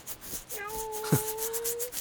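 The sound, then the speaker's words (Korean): A cat scratches at a door in a steady series of rough, raspy strokes, while a long, level, meow-like tone sounds through the middle of the scratching. “뭐야, 갑자기 문은 왜 긁어?”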